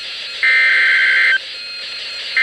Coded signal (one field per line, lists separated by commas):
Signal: Emergency Alert System (SAME) tones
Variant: header bursts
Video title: Severe Thunderstorm Warning #3 - 03/06/17 (EAS #1,260)